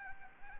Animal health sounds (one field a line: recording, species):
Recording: mosquito wingbeat signal from an infrared sensor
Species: Anopheles gambiae